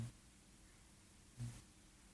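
Two low, rumbling snore bursts about 1.4 seconds apart, faint against the quiet hum of a small room. A dog snoring in its sleep, an 'ouh, ouh, ouh' sound; this dog does not usually snore, so the snoring is exceptional.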